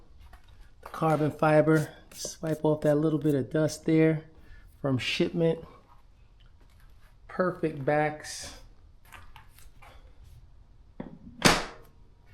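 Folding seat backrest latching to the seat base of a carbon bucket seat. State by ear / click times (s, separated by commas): seated / 11.0 s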